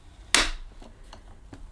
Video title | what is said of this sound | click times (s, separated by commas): Vax Platinum Power Max Carpet Washer Unboxing & Demonstration | and then you'll hear a click | 0.4 s